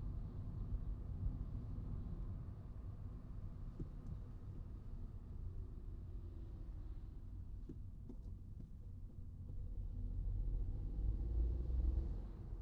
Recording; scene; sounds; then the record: everyday scene through a hearing-aid microphone; in a vehicle; engine, traffic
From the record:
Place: Skoda Fabia, gasoline engine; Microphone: in the ear canal, right